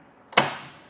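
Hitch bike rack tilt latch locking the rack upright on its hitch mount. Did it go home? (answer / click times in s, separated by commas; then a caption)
yes / 0.4 s. An Inno Tire Hold two-bike hitch rack on a 2023 Toyota Camry is lifted from its tilted-down position back to upright, and its tilt latch snaps into place with one sharp, bright click at 0.4 s that rings out and fades over about half a second. The rack is locked upright on its hitch mount, confirmed by the red indicator no longer showing.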